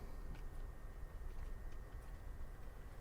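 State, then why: Not seated. A new spark plug wire boot is lined up over the spark plug on the 2.5 engine of a 2000 Ford Ranger during a plug and wire change, just before it is pushed home. Over about three seconds there is a steady low rumble with faint, light handling noises and a thin constant high tone. Nothing has seated or clicked yet.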